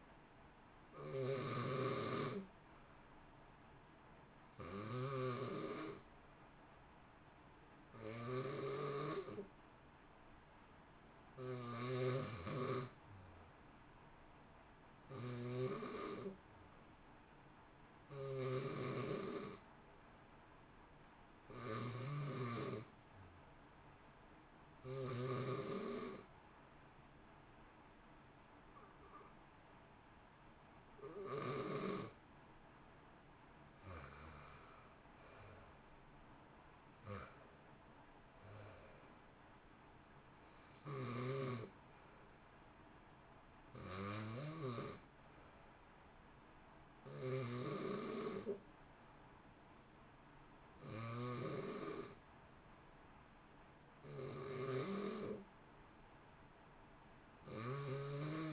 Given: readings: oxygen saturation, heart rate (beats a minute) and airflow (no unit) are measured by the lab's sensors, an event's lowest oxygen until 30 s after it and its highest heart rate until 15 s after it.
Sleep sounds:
breathing in sleep by a voice recorder at the bedside; 1
23.00-37.20 s: hypopnea (REM, oxygen 91% highest, then 91% lowest, heart rate 62 at the start, 63 highest)
24.00-58.53 s: new sleep stage, N1 (lightest sleep)
From the record:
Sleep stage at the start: REM sleep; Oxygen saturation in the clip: 85 to 92%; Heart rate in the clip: 58 to 63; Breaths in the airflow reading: 21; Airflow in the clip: -1.0 to 1.7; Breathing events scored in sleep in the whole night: 328 in 6.3 hours asleep

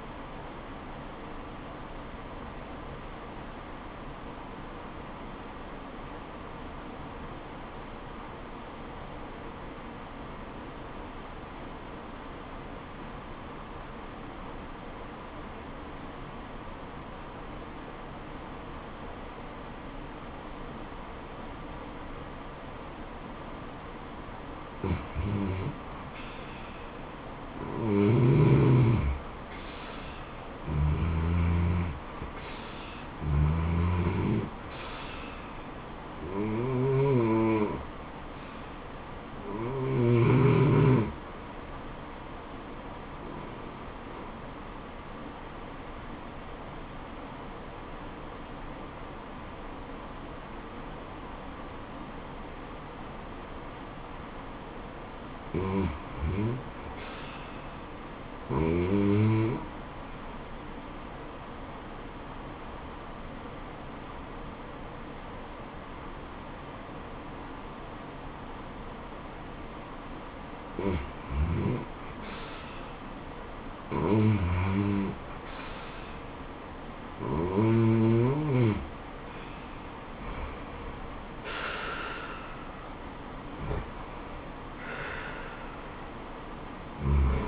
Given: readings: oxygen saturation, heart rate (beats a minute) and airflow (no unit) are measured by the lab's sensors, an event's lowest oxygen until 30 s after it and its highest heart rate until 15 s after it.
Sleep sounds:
breathing in sleep by a voice recorder at the bedside; 2
4.00-26.30 s: obstructive apnea (REM, oxygen 95% highest, then 87% lowest, heart rate 72 at the start, 78 highest)
43.00-74.30 s: hypopnea (REM, oxygen 94% highest, then 87% lowest, heart rate 77 at the start, 84 highest)
From the record:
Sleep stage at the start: REM sleep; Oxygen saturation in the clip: 87 to 95%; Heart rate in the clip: 62 to 84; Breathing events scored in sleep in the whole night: 426 in 7.4 hours asleep

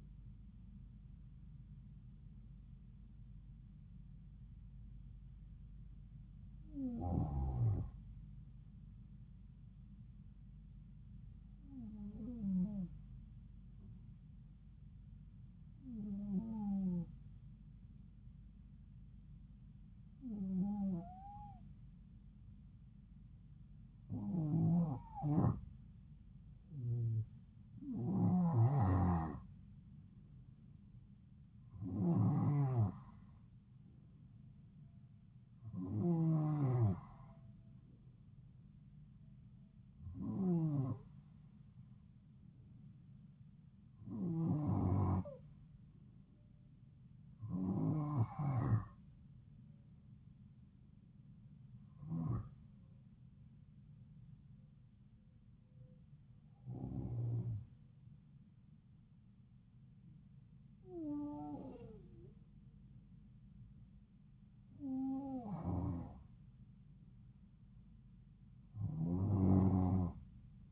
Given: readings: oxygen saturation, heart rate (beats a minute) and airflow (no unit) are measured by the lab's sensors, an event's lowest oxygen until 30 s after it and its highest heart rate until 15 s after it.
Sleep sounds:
breathing in sleep by a smartphone at the bedside; 1
15.00-27.30 s: hypopnea (N2, oxygen 94% highest, then 91% lowest, heart rate 69 at the start, 76 highest)
From the record:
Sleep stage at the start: N2 (light sleep); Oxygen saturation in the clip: 91 to 94%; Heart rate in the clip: 69 to 76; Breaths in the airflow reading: 17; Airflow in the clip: -3.7 to 5.3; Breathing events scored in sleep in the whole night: 270 in 6.1 hours asleep

